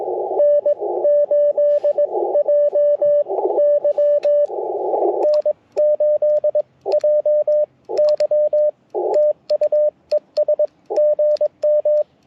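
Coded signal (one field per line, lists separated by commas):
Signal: Morse code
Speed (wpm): 22 wpm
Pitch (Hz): 600 Hz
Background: radio noise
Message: N8JY N8JY TU ES GM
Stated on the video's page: QRP CW Parks on the Air activation using an Icom IC-705 with a Gabil GRA-7350T antenna and BaMaKeY TP-III paddles.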